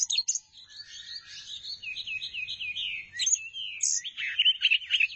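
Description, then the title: Thrush song: looping series of slurred whistles repeated in quick succession, then rougher buzzy trills toward the close. "burung anis"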